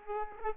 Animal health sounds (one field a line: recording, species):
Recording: mosquito wingbeat signal from an infrared sensor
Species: Aedes aegypti